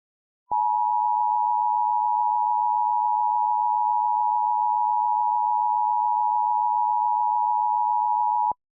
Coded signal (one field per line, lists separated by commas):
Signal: Emergency Alert System (SAME) tones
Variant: 853 and 960 Hz attention tone